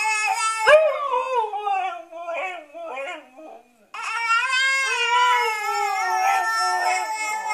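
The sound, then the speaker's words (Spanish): A dog imitating a crying baby lets out long, wavering, high-pitched howls that sound like a wailing baby, with a brief break before a sustained, strained cry resumes. “Hay perros a los que les gusta imitar a los bebés.”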